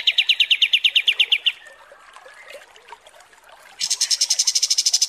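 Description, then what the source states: Kapas tembak trilling: a lower pulsed trill, quiet twittering for about two seconds, then a higher rapid trill of regular pulses. Masteran training recording for kapas tembak birds, used to tutor song.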